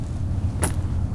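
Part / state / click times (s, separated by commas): metal clip into rifle sight block / seated / 0.6 s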